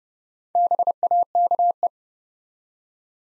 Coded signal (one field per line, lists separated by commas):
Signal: Morse code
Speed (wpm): 30 wpm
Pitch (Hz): 700 Hz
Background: none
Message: BAKE